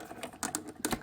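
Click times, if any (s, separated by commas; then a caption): 0.5 s, 0.9 s. While an AEM cold air intake is installed on a 2010 Mini Cooper S, a hose is pushed back into a small retaining clip low in the engine bay. Several sharp clicks are heard, with the hose snapping into the clip at 0.6 s and 0.9 s. The hose is seated in its retaining clip.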